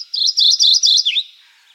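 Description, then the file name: Mourning Warbler song: a quick run of paired high chirping notes, several repeats, ending in a lower slurred dip. "Geothlypis philadelphia - Mourning Warbler"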